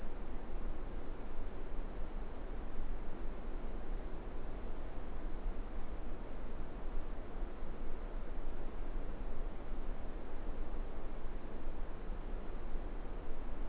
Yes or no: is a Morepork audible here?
no